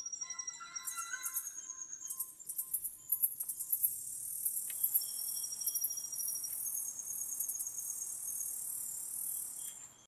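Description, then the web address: Crickets chirping in a dense, high-pitched shimmering chorus of rapid pulses, joined early on by a few thin whistled tones and a low hum in the background. "sound from CRICKETS"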